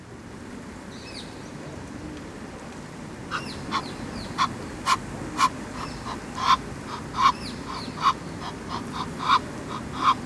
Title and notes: Av. du Général de Gaulle 21, 1050 Ixelles, Belgique - Ducks and Fountain. Ducks speech and foutain at Les étangs d'Ixelles